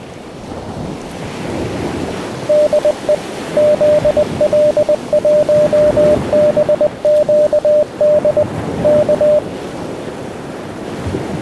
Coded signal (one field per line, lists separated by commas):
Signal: Morse code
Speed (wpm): 20 wpm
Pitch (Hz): 600 Hz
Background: radio noise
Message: DE ZL1BQD K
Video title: The PAPER WORK for a Ham Radio DXPEDITION licence in the Pacific Islands.- Part 2